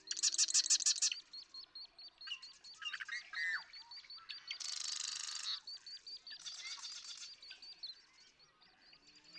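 Marsh Wren giving a loud rapid rattle at the start, then scratchy notes and a later buzzy burst, over a steady series of high, thin repeated notes.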